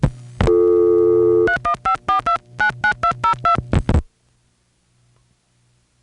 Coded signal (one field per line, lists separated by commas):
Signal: DTMF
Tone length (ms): 110 ms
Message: 3154299202